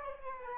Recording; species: mosquito wingbeat signal from an infrared sensor; Aedes albopictus